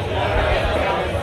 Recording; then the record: background sound without coughing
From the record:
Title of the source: CITY SOUNDS Busy Bar in the Evening Night - 2 HOURS of Ambiance for Relaxation